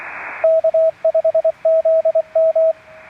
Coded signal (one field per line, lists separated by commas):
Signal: Morse code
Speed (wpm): 24 wpm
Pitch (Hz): 650 Hz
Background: radio noise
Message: K5ZM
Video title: One-Tenth of a Watt…and It Still Works! Morse Code and QRPp POTA at Fort Dobbs State Historic Site!